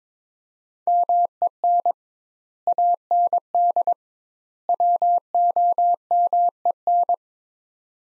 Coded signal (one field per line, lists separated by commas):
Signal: Morse code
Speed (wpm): 22 wpm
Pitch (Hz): 700 Hz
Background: none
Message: MEN AND WOMEN